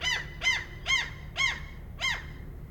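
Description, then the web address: Gull calls: five sharp, arched yelping notes, evenly spaced, with a steady low hum beneath. Harbour pier in Norway with boats floating and lines being pulled, an engine in the background; stereo ORTF recording. "Soundholder - Harbours Of Norway ambient Norway pier boats floating and pulling lines seagulls and engine in the background"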